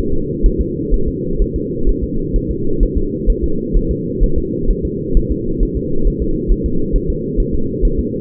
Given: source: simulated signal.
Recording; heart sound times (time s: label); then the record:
fetal heart sounds
0.13 s: S2
0.46 s: S1
0.61 s: S2
0.94 s: S1
1.08 s: S2
1.42 s: S1
1.56 s: S2
1.89 s: S1
2.04 s: S2
2.36 s: S1
2.51 s: S2
2.83 s: S1
2.97 s: S2
3.30 s: S1
3.44 s: S2
3.76 s: S1
3.91 s: S2
4.24 s: S1
4.38 s: S2
4.71 s: S1
4.85 s: S2
5.17 s: S1
5.31 s: S2
5.63 s: S1
5.77 s: S2
6.07 s: S1
6.22 s: S2
6.52 s: S1
6.66 s: S2
6.96 s: S1
7.10 s: S2
7.40 s: S1
7.54 s: S2
7.85 s: S1
8.00 s: S2
From the record:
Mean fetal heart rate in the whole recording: 130 bpm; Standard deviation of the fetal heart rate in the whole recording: 2 bpm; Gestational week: 38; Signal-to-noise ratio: -8.1 dB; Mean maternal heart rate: 72 bpm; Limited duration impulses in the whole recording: absent